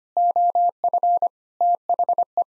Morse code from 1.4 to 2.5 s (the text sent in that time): THE